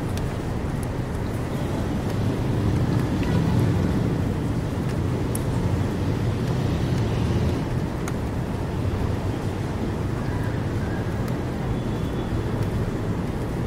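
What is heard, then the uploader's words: City rain heard through an open window: a steady, dense hiss with a heavy low rumble of traffic underneath. The wash swells slightly around three to seven seconds, and faint sharp clicks and drips land now and then, near 5 and 8 seconds. Sounds in New York City City Rain Open WIndow. Essa vista foi gravada de 27 andares em Manhattan.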